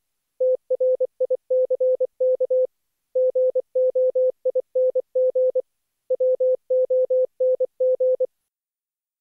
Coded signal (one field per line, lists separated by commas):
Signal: Morse code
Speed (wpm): 25 wpm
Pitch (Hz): 510 Hz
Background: none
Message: TRICK GOING WONG